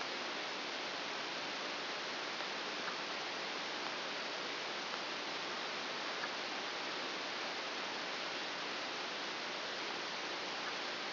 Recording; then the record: brain microelectrode recording played as sound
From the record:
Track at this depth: outside the subthalamic nucleus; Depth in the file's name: 5.201 mm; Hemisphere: right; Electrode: 2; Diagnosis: Parkinson's disease